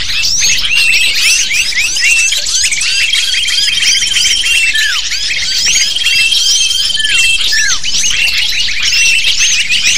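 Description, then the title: Many lovebirds squeaking and screeching together, a continuous shrill chatter with a long flat whistle tone across the middle seconds. Lure sound used to attract lovebirds. "PIKAT BURUNG LOVEBIRD"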